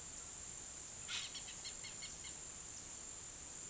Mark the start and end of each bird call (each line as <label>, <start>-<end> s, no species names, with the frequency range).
bird call (0.8-5.5 kHz), 0.98-2.38 s